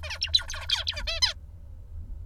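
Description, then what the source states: Songbird singing a rapid burst of harsh, buzzy harmonic notes for just over a second, then stopping, with a low steady hum underneath. Imitated song showing incomplete and inaccurate vocal imitation after FoxP2 knockdown in the basal ganglia.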